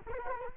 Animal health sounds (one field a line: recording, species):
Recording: mosquito wingbeat signal from an infrared sensor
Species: Culex quinquefasciatus